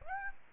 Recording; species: mosquito wingbeat signal from an infrared sensor; Aedes aegypti